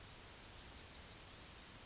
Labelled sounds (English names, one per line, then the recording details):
Yellowhammer song
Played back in grassland
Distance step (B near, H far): F
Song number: 001